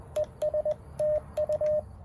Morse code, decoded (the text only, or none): ESTU